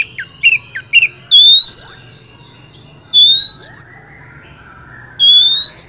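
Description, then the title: Oriental magpie-robin song: a few short chipping notes, then three long rising whistles spaced about two seconds apart, with a low hum behind. Master training recording for songbirds of a first-place champion kacer. "Masteran Kacer Juara 1"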